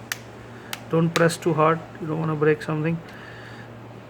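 The plastic rear housing of a Samsung Galaxy Grand Neo is pressed around the phone's edge, and its clips snap into the frame with sharp clicks at 0.1 s and 0.7 s. Someone talks afterward as the housing seats.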